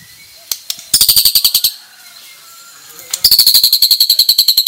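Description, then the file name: White-rumped shama producing two bouts of fast, grating, high-pitched rattle with a short silent gap between them. Bornean crowned (mahkota) variety of white-rumped shama; harsh calls (suara kasar). "Suara kasar burung murai batu borneo mahkota"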